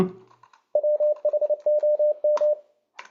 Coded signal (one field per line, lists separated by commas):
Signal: Morse code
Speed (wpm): 29 wpm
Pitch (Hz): 600 Hz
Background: none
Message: WHOM